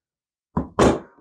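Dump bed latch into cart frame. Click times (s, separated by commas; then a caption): 0.6 s. A garden cart's dump bed is lowered until its latch locks into the cart frame, with a sharp thunk at 0.6 s. A second, louder and brighter impact follows at about 0.8 s and rings down over the next few tenths of a second. The bed is seated and locked in place.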